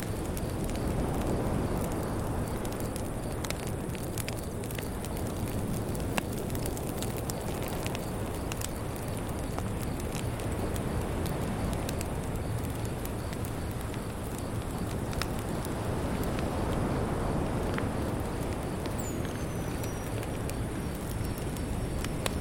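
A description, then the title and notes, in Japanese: A beach fire crackles and pops steadily over a dense, rushing low roar, with sharp snaps scattered throughout. The level stays even for the whole stretch. A faint high insect-like whine sits above it, and a brief thin descending chirp appears near the end. ビーチファイア シケーダ合唱 | 夜のコージーな雰囲気。賑やかなプーケットとクラビの間にひっそりと佇むコーヤオノイは。アンダマン海の穏やかな波が、ビーチサイドの火の微かなパチパチとともに絡み合います。島の固有のシケーダが何千年にもわたって練り上げられた子守唄を奏でます。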